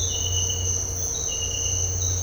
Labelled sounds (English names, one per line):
none